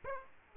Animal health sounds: mosquito wingbeat signal from an infrared sensor; Aedes aegypti

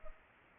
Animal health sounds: mosquito wingbeat signal from an infrared sensor; Culex pipiens

